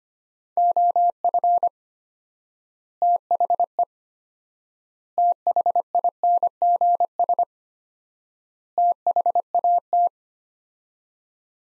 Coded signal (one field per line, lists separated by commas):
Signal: Morse code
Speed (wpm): 25 wpm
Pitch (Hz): 700 Hz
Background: none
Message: OF THE THINGS THAT